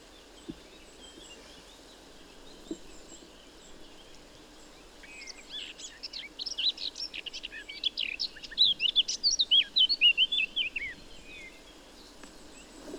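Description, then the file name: Eurasian blackcap song: a quiet start, then a fast warble that grows louder towards the end. "Sylvia atricapilla"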